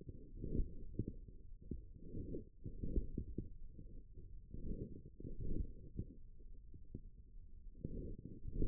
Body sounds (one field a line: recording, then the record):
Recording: forearm muscle sounds (acoustic myography)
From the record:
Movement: forearm pronation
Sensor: system 1, eight BSWA MPA416 microphones around the upper forearm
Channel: 3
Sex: male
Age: 41 years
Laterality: right